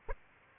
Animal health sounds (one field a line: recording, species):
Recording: mosquito wingbeat signal from an infrared sensor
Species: Aedes aegypti